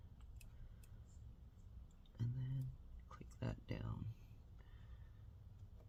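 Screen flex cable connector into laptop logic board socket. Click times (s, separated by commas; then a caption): 0.4 s. At 0.4 s, the screen assembly's flex cable connector clicks as it is lined up and pressed down into its socket on the logic board of a 2021 14-inch M1 Pro Apple MacBook Pro A2442. Someone talks, and the connector is seated.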